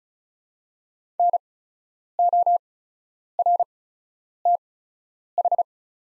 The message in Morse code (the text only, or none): NORTH